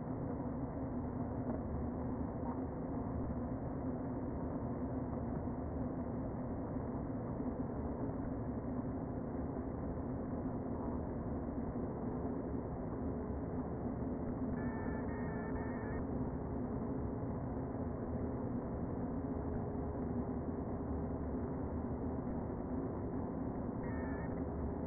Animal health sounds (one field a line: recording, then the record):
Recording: honeybee colony, microphone inside the hive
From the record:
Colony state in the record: queen present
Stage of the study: before two queens were removed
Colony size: about 60,000 bees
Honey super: yes